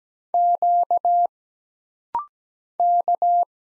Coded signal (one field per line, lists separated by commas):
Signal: Morse code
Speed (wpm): 17 wpm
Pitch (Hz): 700 Hz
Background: none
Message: Q K